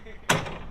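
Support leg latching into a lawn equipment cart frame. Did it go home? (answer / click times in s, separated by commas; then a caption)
yes / 0.3 s. The support leg of a wheelbarrow-style lawn equipment cart is moved into position and latches into the cart frame with a sharp metal clunk at 0.3 s. The leg locks in place.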